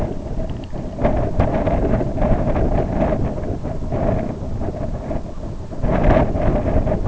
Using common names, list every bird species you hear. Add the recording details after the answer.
none. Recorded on Arctic tundra, site IGLO-B, on 24 June 2018. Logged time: 01:59